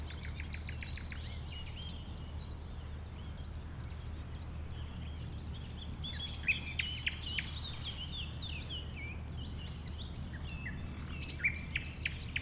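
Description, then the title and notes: Common nightingale singing: a run of rapid repeated notes opens, then assorted sharp chirping phrases, over a constant low hum. Nightingale, one of several settled on the banks of a stream forming a pond 1500 m from the A20 motorway; recorded around 8 am on Sunday 12 April. "Un Rossignol Envers Et Contre Tout. un rossignol venu avec quelques autres s'installer sur les rives d'un ruisseau formant un étang à 1500 mètres de l'A 20. Ces moments ont été enregistrés vers 8h le dimanche 12 avril"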